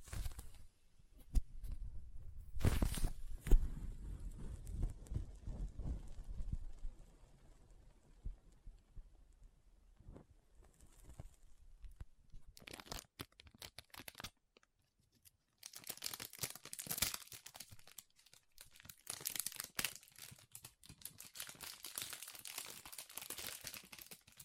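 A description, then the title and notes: Soft squishy, sticky crinkling and cutting sounds arrive in irregular bursts, with a bright, dense crackling stretch in the final ten seconds. Soft Squishy Sticky, Crinkle, Cutting Sounds.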